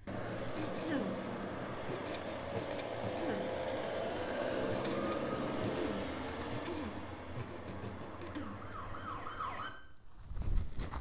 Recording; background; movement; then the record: throat clearing; traffic; sitting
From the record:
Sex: female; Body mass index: 18.3 kg/m2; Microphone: on the chest, facing outward